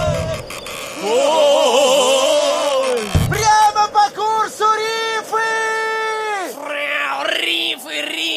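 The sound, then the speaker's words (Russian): A cat that has jumped onto a ship's wheel yowls loudly in a long, wavering, high-pitched wail, then breaks into a string of shorter strained cries before ending with a rising and falling howl. “Кот прыгнул на штурвал!”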